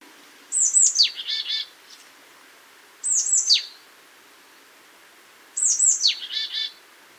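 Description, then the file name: Marsh tit calling: high, sharp downslurred notes followed by short buzzy rattling notes, the phrase repeated three times at intervals of about two and a half seconds. "Poecile palustris"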